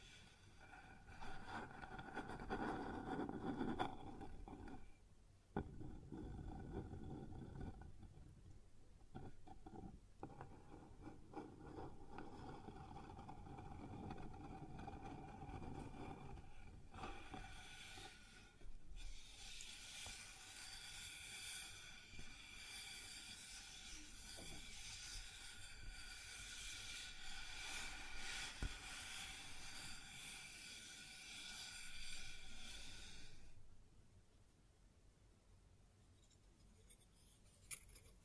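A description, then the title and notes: Sounds on a wooden surface: a dense, rumbling scrape fills the first half, with sharp knocks near 5 and 10 seconds. From about 17 to 33 seconds a brighter, steady grinding rasp takes over, with a ringing squeal running through it, before everything drops to near quiet. ASMR Sounds on Wooden Surface (No Talking).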